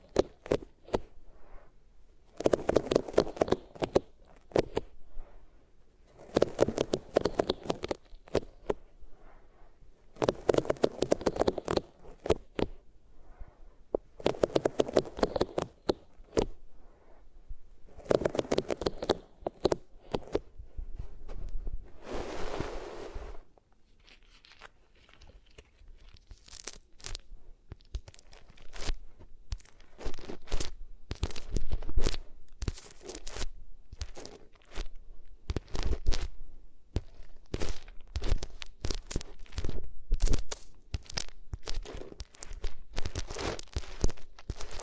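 Ears are rubbed on different materials: steady scratchy bursts every few seconds give way, after about twenty-five seconds, to quicker, denser crinkling taps.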